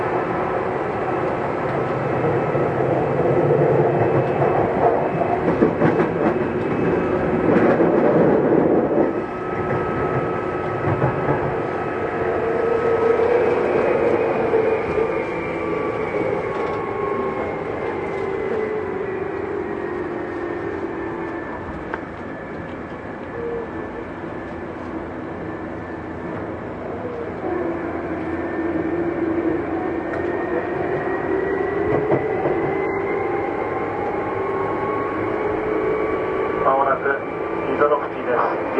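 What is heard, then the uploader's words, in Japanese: Inside a Tokyu 8500 series train, a steady rumble of wheels and motor fills the car, with whining tones that rise and fall as the train speeds up and slows. Around eight seconds the noise swells, then eases after twenty, with a few faint clicks and squeals. 東急8500系 表参道〜あざみ野。東京メトロ→東急区間の録音です。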